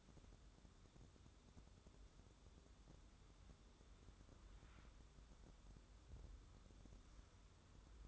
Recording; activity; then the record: daily activity, microphone in the room; wipe stove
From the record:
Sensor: 3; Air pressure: 1015.1 hPa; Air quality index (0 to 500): 64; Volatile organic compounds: 1 ppm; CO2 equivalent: 842 ppm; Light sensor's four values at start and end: 15/39/15/16 and 15/39/15/16